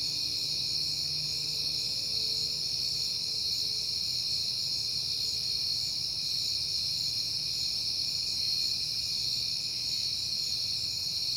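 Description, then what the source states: Continuous high cricket chorus in several overlapping bands, with a faint low hum and a brief soft tonal sound early on. Crickets at night in September, on a peaceful night.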